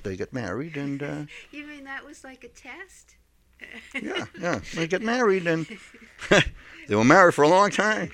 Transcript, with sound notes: They got married and...
You mean that was like a test? (she laughs)
Yeah. Yeah. They got married, and, they were married for a long time.